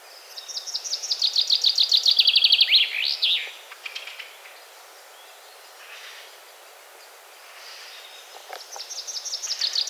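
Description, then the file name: Common chaffinch song, a bright, high trill that drops in pitch before ending in a sharp flourish. A second phrase begins near the end. "Fringilla coelebs"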